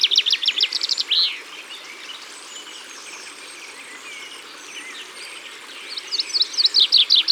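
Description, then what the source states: Common Chaffinch song phrase, a fast descending rattle with a flourish, cut off at the start; after a lull with faint chirping another rapid trill begins. Recorded at the water's edge.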